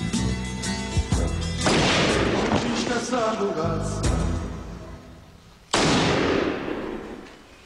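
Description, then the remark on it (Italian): A few loud gunshots fired into a dead body ring out at uneven intervals, each a sharp, booming blast that rolls into a long, rumbling decay, with no talking. “Ma è un cadavere. E tu gli spari lo stesso.”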